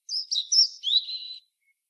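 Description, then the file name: European robin delivering one rapid phrase of high thin whistles and sliding twittering notes, followed by silence. "Erithacus rubecula"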